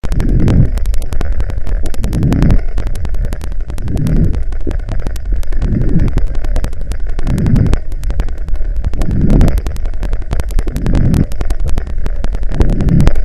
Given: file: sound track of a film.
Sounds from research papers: Respiratory sounds of healthy volunteer 9 recorded with the Auscul Pi.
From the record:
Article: A Low-Cost, Ear-Contactless Electronic Stethoscope Powered by Raspberry Pi for Auscultation of Patients With COVID-19: Prototype Development and Feasibility Study

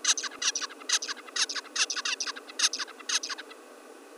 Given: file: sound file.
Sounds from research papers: Example of a Song from the Bird during TTX Inactivation of LMAN (Bout 2)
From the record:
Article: Vocal Experimentation in the Juvenile Songbird Requires a Basal Ganglia Circuit

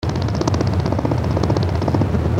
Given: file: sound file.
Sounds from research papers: Sample of a train of a Pulse 4 song.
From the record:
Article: Phenotypic differentiation in love song traits among sibling species of the Lutzomyia longipalpis complex in Brazil

